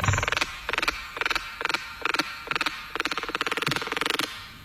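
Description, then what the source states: Frogmouth calling, a rapid clicking, purring pulse train delivered in repeated bursts. Said to be related to the owl; replayed as a mystery sound on a radio quiz.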